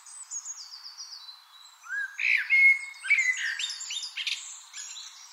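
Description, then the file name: Eurasian blackbird: thin descending high notes, then after a short pause a rich fluted warble leading into a jumble of squeaky high twitters. "Turdus merula"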